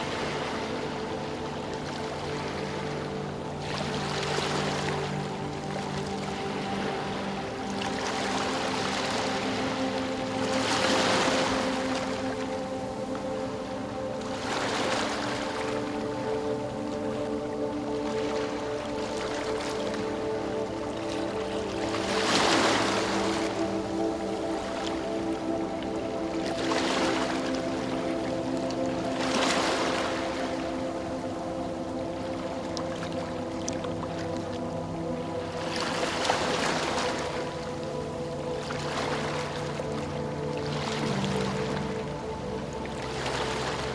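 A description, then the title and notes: Ocean waves wash in at fairly regular intervals, each surge rising and fading every few seconds, with stronger ones near 11, 22 and 36 seconds. Underneath, soft sustained music holds steady low and middle tones throughout, calm and unchanging. Soothing Ocean Waves & Relaxing Meditation Music. An enchanting blend of serene melodies and mesmerizing ocean waves. The rhythmic sounds of ocean waves.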